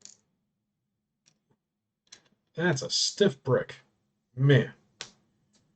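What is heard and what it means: A plastic LEGO brick is pressed onto another brick but does not connect because the brick is stiff, and nothing has seated or clicked yet. Faint small taps and ticks are heard around 0.1, 1.3 and 2.1 seconds, and a sharper tick comes at 5.0 seconds. Someone talks in the middle of the clip.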